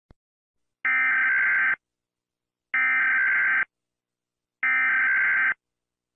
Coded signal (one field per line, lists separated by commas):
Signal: Emergency Alert System (SAME) tones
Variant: header bursts